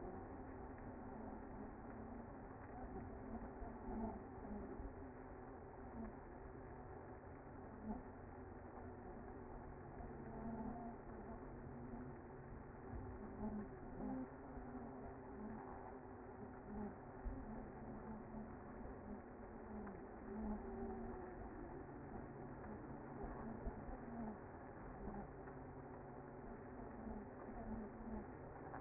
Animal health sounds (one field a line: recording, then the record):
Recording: honeybee colony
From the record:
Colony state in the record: active